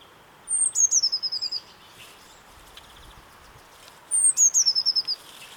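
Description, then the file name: Eurasian blue tit repeating its phrase twice: a few piercing high notes, then a descending run of rapid trilled notes, with a quiet gap of about two and a half seconds between. "Cyanistes caeruleus"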